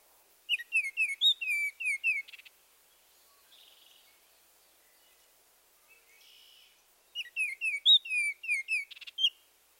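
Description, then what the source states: Baltimore Oriole songs: two bursts of rich, whistled phrases, separated by several seconds of quiet with faint soft notes. Two of four songs from different individuals; elaborate flute-like whistle of melodious phrases with a consistently rich tone.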